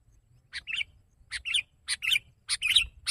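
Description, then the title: Sooty-headed bulbul calling in paired chirps, a sharp note followed by a slurred one, repeated several times over a low background hum. "kutilang"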